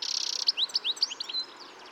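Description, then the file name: European goldfinch twittering: a rapid buzzy trill for half a second, then a run of quick liquid, upslurred tinkling notes fading out. "Carduelis carduelis"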